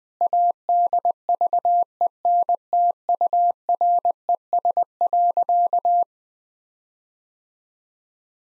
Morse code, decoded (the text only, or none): ADVENTURES.